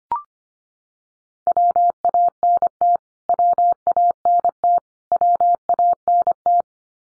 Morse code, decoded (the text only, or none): WANT WANT WANT